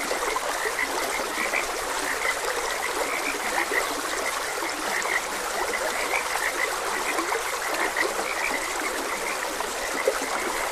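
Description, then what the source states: Frogs give a busy chorus of brief croaks, repeated densely from start to end, beneath and within the sound of a babbling stream. Frogs croaking beside a gentle stream.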